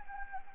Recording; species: mosquito wingbeat signal from an infrared sensor; Anopheles arabiensis